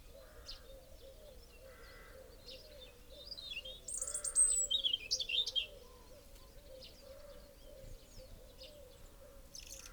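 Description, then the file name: European robin giving a brief burst of high, thin, sweeping whistles and trills midway, over a steady low hum and repeated soft mid-pitched noise bursts. "Erithacus rubecula"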